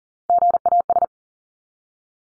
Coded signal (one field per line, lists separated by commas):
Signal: Morse code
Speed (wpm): 40 wpm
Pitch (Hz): 700 Hz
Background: none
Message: GAS